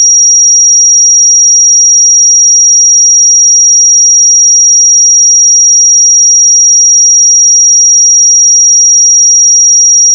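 A pure sine tone at 5692 Hz holds steady for the full ten seconds, a single thin, piercing high whistle. Its level never changes and nothing else sounds beneath it; there is only a faint click at the very end.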